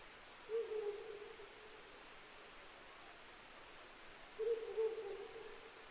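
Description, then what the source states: Ural owl giving low hooting phrases, a short series of deep hoots, then a pause of about two and a half seconds, then a similar phrase, over steady hiss. Recorded on 16 May 2010 at 02:16.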